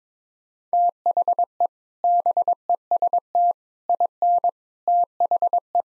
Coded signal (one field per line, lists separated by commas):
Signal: Morse code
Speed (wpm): 21 wpm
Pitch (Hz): 700 Hz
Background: none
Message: THE BEST IN THE